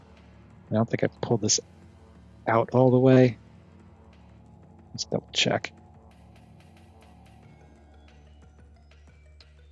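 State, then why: Seated. Someone talks while handling a plastic transforming robot toy during its robot-mode transformation. Faint plastic handling ticks follow as the back section, which had not been clicked out before, is pulled out. It sharply clicks into its extended detent at 9.4 s.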